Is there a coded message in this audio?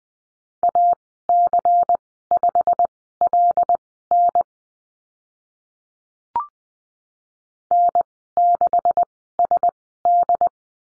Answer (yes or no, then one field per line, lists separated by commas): yes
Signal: Morse code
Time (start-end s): 0.6-10.5 s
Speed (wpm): 20 wpm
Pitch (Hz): 700 Hz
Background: none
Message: AC5LN N6SD